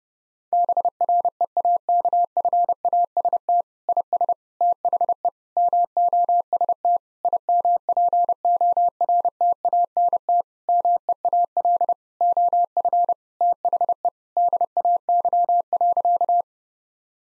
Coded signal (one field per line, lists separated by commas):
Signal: Morse code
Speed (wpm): 30 wpm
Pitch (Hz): 700 Hz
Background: none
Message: BREAKFAST IS THE MOST IMPORTANT MEAL OF THE DAY.